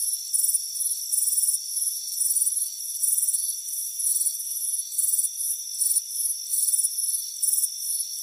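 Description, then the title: Crickets chirping in sharp, high pulsed bursts with slight variation in pace, backed by an unbroken thin insect drone. Crickets chirping on a warm afternoon by a front porch. "Soothing Crickets Chirping Sound"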